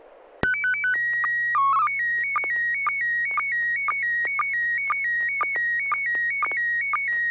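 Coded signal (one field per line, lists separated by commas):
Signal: SSTV (slow-scan television)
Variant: PD 120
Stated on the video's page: SSTV net on an FM repeater at 441.300 MHz, Sacramento, using MMSSTV.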